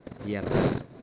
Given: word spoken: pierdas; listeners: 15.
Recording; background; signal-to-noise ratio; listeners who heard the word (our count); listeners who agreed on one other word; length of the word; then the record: one Spanish word in noise, from a listening test; noise modulated by one talker; -8.4 dB; 0 of 15; 8 of 15; 0.62 s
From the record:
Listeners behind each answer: 8, 3, 2, 1, 1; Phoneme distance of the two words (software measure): 10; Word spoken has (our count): 2 syllables, 7 phonemes, stress on syllable 1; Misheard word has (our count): 2 syllables, 7 phonemes, stress on syllable 1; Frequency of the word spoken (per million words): 1.48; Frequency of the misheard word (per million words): 60.86